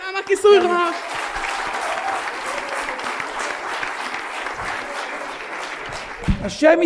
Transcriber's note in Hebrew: הקהל מוחא כפים ובה שמה כיסוי ראש